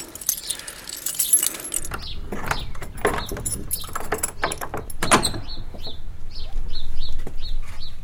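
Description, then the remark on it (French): An old bunch of keys, from before the lock was changed, jangles and clinks in bright, metallic bursts at the locked Wanger family mortuary chapel in Millenium 1, busiest early on, then gives way to a string of short, repeated high chirps over a low rumble. “Ton vieux trousseau de clés, avant que tu changes la serrure.”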